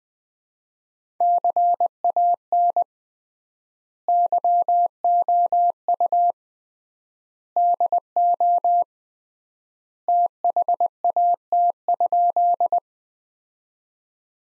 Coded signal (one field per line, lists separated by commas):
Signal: Morse code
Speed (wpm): 21 wpm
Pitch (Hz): 700 Hz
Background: none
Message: CAN YOU DO THAT?